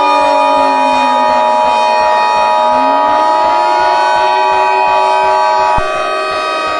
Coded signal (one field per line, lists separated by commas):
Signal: Emergency Alert System (SAME) tones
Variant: 853 and 960 Hz attention tone